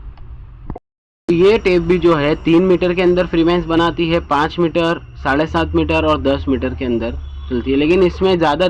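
A lock button is pressed on a steel retractable tape measure, and the yellow blade retracts automatically into the case, ending with sharp snaps of the hook against the housing at 0.7 s and 0.8 s. A brief silence follows, then someone talks for the rest of the clip.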